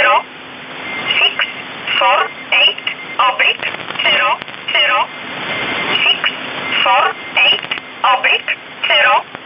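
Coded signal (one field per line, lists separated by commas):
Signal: numbers station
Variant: E11 Oblique, English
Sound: a voice reading short, evenly spaced words over radio hiss, about fourteen words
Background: radio static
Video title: 30 05 2019 E11 Oblique Numbers station in English 1900 on 7600 unknown tx site in USB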